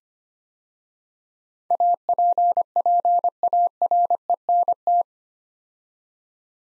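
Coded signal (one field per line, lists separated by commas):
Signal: Morse code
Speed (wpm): 25 wpm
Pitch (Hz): 700 Hz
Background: none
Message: APPARENT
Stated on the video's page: Morse code practice of 8-letter words at 25 wpm, a word-copying drill.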